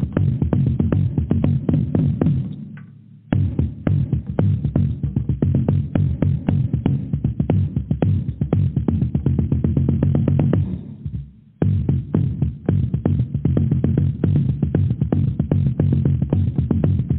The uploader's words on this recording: Drumming: Powerful. Drumming vibrations.